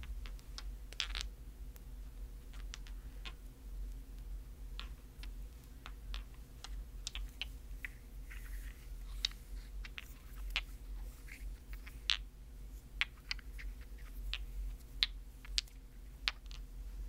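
Sharp little taps and scratches come in irregular bursts throughout, clustering more densely after about the eighth second, with a few brighter clicks near the end. Underneath runs a steady low hum with a faint constant tone, and soft liquid movement blends into the texture.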